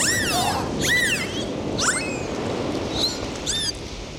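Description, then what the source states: Dolphin whistles, five quick arching sweeps, some dipping and rising, over a constant rush of waves. Dolphins recorded with the sound of waves.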